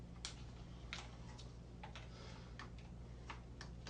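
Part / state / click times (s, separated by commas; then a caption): camera onto tripod quick-release mount / not seated / none. A camera is being fitted onto a tripod quick-release mount, with a series of light ticking and tapping sounds as it is fumbled against the mount over a low steady hum. The camera has not clicked onto the mount yet.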